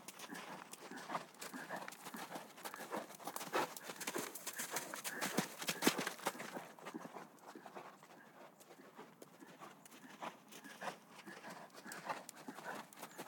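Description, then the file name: Horse hooves pounding in rapid uneven beats, loudest around the middle, then quieter scattered thuds. Galloping outside in sand. "G 4 F SFX - HORSES - Galloping outside in sand"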